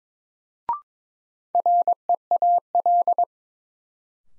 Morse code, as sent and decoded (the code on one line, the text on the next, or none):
.-. . .- .-..
REAL